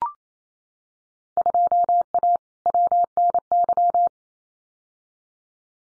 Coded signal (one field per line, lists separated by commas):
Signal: Morse code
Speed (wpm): 28 wpm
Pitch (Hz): 700 Hz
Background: none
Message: 2A WNY